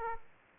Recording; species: mosquito wingbeat signal from an infrared sensor; Aedes aegypti